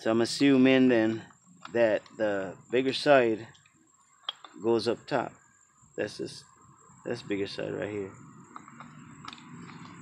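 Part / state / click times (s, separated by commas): truck door handle into the door panel opening / seated / 9.3 s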